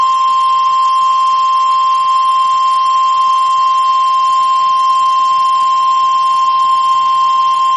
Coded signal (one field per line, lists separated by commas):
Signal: Emergency Alert System (SAME) tones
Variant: 1050 Hz attention tone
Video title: The Dixie Alley Terror| EAS #52-#56